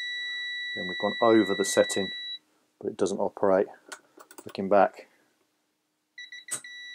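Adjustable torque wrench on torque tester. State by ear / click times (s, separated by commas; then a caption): torque reached / 6.2 s. Someone talks while a Norbar 60 Nm 3/8" drive adjustable torque wrench is pulled on a torque tester again, with a steady high tone heard at the start and again near the end. The wrench's push-through mechanism operates with an audible click at about 6.2 s, confirming it clicks off at its setting.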